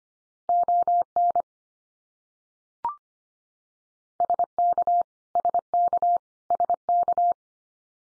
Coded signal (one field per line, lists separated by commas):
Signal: Morse code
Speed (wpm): 25 wpm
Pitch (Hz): 700 Hz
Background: none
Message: ON SK SK SK